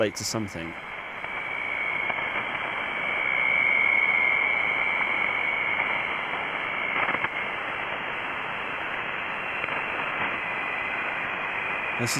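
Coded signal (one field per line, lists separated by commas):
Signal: FT8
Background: speech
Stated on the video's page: Live-streamed contact attempt with Africa.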